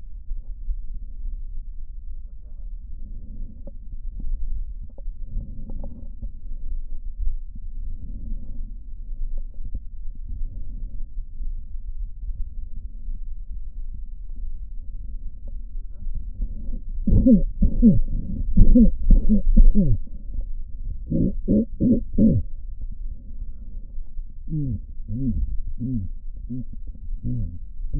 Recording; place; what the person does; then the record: lung sounds by stethoscope; left posterior apical chest; quiet breathing, then cough and speech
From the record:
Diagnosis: COPD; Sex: male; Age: 70 years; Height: 170 cm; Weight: 74 kg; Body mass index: 25.6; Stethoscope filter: diaphragm mode